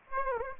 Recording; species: mosquito wingbeat signal from an infrared sensor; Aedes aegypti